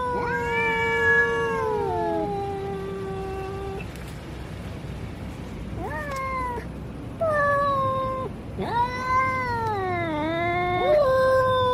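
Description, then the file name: Domestic cat producing a string of wailing meows, some long and falling, others short and swooping up and down, with brief pauses between. Male cat (tomcat). "tieng meo duc keu"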